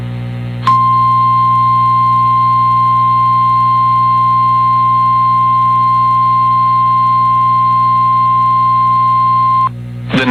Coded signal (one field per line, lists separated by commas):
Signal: Emergency Alert System (SAME) tones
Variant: 1050 Hz attention tone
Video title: MID-DECEMBER DERECHO | EAS Alerts from 12/15/2021 (EAS #875-902)